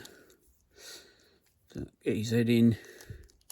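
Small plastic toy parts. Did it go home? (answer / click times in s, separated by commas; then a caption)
no / none. Someone talks while fitting one plastic body half of a split crash dummy action figure onto the other half, with a few small handling taps and clicks between the words. The part has not seated or clicked home yet.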